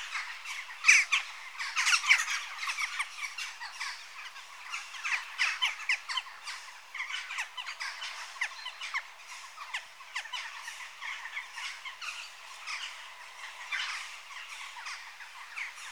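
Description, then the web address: Western jackdaw calls, a dense chorus of short harsh chak notes overlapping continuously from several birds, with louder bursts near the start. Adult birds. "BBC Sound Effects Library. Jackdaw (Corvus Monedula) Adults"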